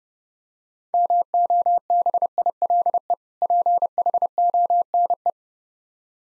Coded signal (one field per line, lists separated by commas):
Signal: Morse code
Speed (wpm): 31 wpm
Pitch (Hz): 700 Hz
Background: none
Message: MOBILE PHONE